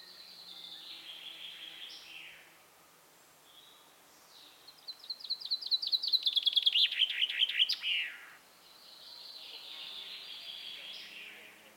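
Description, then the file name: Common chaffinch song: soft phrases of quick notes, then a loud trill ending in a sharp flourish, followed by another softer rapid phrase. "Fringilla coelebs"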